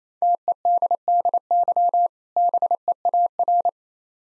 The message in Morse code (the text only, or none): TEDDY BEAR